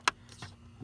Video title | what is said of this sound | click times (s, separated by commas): Replace Cabin AIr Filter * JEEP Grand Cherokee Change Switch Clean 2021 to present | make sure it clicks to seal it and that's your cabin air filter now to | 0.1 s